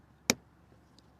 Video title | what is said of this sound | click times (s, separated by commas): The ULTIMATE Guide to Fog Lights on a 2009-2014 Honda Fit | till we hear it click and that locking tab is in place. | 0.3 s